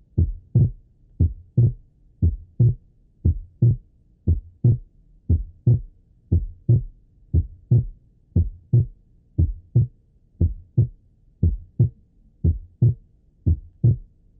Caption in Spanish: El segundo ruido es más intenso que el primer ruido y de tonalidad más alta. Normalmente el segundo ruido cardíaco es único o muy ligeramente desdoblado durante la expiración y muestra un desdoblamiento en la inspiración. Desdoblamiento inspiratorio del segundo ruido tal como ocurriría con la respiración lenta. Durante la inspiración, la presión intratorácica disminuye. El aumento resultante en el llenado ventricular derecho produce una prolongación de la sístole del ventrículo derecho, de manera que el segundo ruido pulmonar se encuentra retardado.